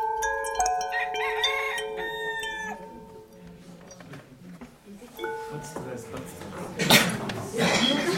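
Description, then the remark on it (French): Hens on a farm, old hens that no longer lay eggs, cluck and cackle in a loose chorus of drawn-out, wavering calls, with soft clatter underneath and a sharp, noisy burst near the end. “Les poules, demain matin, on va abattre les vieilles poules qui ne pondent plus.”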